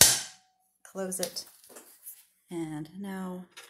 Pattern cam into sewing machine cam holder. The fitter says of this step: Clicks in place